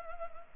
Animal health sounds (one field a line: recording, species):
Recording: mosquito wingbeat signal from an infrared sensor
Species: Anopheles gambiae